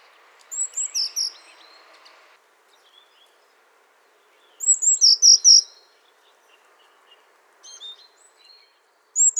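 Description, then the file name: Eurasian blue tit calls: two thin high notes drop into a quick run of lower repeated notes, given twice with a long pause, a fainter third phrase near the end. "Cyanistes caeruleus"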